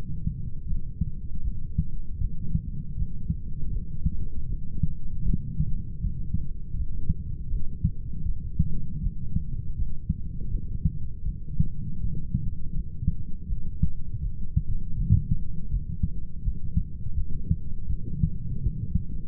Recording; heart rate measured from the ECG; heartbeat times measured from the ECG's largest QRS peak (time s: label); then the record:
heart sounds by stethoscope; 80 bpm
0.67 s: heartbeat
1.43 s: heartbeat
2.19 s: heartbeat
2.96 s: heartbeat
3.71 s: heartbeat
4.47 s: heartbeat
5.24 s: heartbeat
6.00 s: heartbeat
6.75 s: heartbeat
7.49 s: heartbeat
8.24 s: heartbeat
9.01 s: heartbeat
9.76 s: heartbeat
10.49 s: heartbeat
11.24 s: heartbeat
12.00 s: heartbeat
12.74 s: heartbeat
13.47 s: heartbeat
14.21 s: heartbeat
14.96 s: heartbeat
15.70 s: heartbeat
16.43 s: heartbeat
17.15 s: heartbeat
17.88 s: heartbeat
18.62 s: heartbeat
From the record:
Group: healthy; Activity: light exercise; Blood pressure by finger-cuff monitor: 140/54 mmHg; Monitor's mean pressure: 75 mmHg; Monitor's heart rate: 81 bpm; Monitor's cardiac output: 9.1 L/min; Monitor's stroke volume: 113 mL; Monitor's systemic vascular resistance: 590 dyn s/cm5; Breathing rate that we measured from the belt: 19 breaths a minute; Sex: male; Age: 25 years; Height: 170 cm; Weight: 70.4 kg